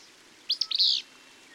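Bird song: a few short high notes, then a rapid buzzy high trill.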